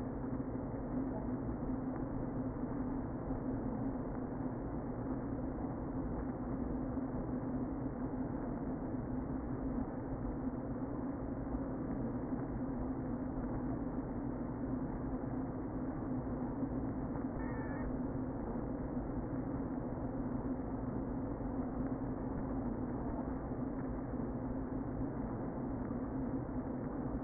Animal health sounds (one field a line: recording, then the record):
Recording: honeybee colony, microphone inside the hive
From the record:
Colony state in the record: queen present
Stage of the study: before two queens were removed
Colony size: about 60,000 bees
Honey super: yes